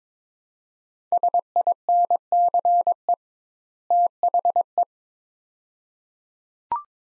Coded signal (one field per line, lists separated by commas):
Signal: Morse code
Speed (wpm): 22 wpm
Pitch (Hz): 700 Hz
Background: none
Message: SINCE THE